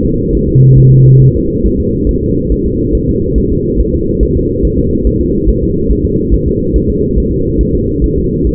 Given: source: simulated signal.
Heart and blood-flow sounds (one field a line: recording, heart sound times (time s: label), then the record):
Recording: fetal heart sounds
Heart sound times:
0.05 s: S2
0.35 s: S1
0.49 s: S2
0.78 s: S1
0.92 s: S2
1.22 s: S1
1.36 s: S2
1.66 s: S1
1.80 s: S2
2.09 s: S1
2.23 s: S2
2.52 s: S1
2.66 s: S2
2.95 s: S1
3.09 s: S2
3.38 s: S1
3.52 s: S2
3.80 s: S1
3.94 s: S2
4.23 s: S1
4.37 s: S2
4.65 s: S1
4.79 s: S2
5.07 s: S1
5.21 s: S2
5.49 s: S1
5.63 s: S2
5.91 s: S1
6.05 s: S2
6.34 s: S1
6.48 s: S2
6.76 s: S1
6.90 s: S2
7.18 s: S1
7.32 s: S2
7.61 s: S1
7.75 s: S2
8.04 s: S1
8.18 s: S2
8.47 s: S1
From the record:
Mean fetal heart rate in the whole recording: 140 bpm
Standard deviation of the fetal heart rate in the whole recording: 2 bpm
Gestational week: 34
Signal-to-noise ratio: -10.2 dB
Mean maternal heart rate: 72 bpm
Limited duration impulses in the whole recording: present